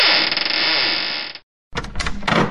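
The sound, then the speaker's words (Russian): A loud, grinding creak of a door being flung wide open, nearly torn off its hinges and knocking plaster down, drags on for over a second, then after a brief silence come several heavy, booming bangs and rattles. “Наш разговор прервал ужасающий скрип двери.”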